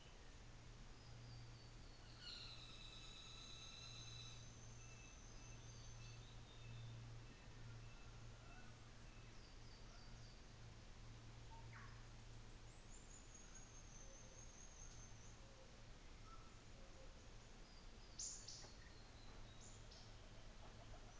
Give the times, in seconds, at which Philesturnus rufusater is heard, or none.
2.20-9.23